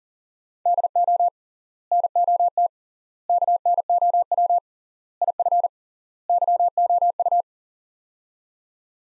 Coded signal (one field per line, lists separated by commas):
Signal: Morse code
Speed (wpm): 37 wpm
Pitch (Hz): 700 Hz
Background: none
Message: DO NOT KNOW IF YOU